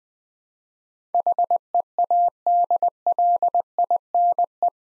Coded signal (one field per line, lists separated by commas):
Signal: Morse code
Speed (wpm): 20 wpm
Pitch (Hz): 700 Hz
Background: none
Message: HEADLINE